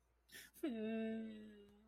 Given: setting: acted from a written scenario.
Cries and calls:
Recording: vocal sound without words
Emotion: sadness

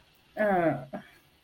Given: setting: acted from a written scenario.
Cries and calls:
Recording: vocal sound without words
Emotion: embarrassment

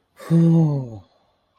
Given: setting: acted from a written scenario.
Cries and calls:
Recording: vocal sound without words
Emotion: serenity

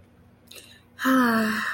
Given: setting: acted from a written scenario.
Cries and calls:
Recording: vocal sound without words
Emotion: contentment

